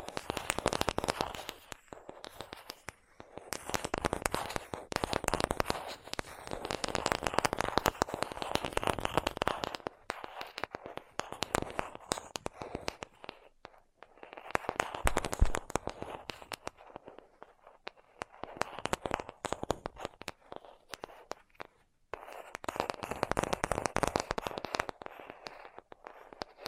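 Rapid tapping comes in dense bursts of sharp clicks, each flurry lasting a few seconds before dropping to brief near-silent gaps. The strikes are crisp and bright, irregular in rhythm, with flurries around 0–3, 4–7, 10–13, 15–18, and 23–26 seconds.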